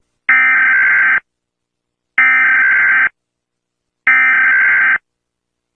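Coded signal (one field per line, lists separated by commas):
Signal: Emergency Alert System (SAME) tones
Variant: header bursts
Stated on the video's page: Fictional nuclear bomb EAS mock set in Melon Playground.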